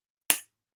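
After the lens is mounted, the folded paper microscope part is closed to check its magnetic closure. A single loud, sharp snap lands at 0.3 s and fades within about 0.15 s, with silence around it. The magnetic closure snaps shut and seats.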